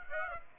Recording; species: mosquito wingbeat signal from an infrared sensor; Aedes aegypti